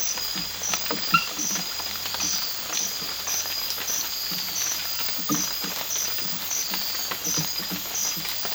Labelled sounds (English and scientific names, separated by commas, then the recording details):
none
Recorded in secondary vegetation near Puerto Asís, Putumayo, Colombia, on 8 March 2025 at 04:00
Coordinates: 0.498, -76.327
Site G001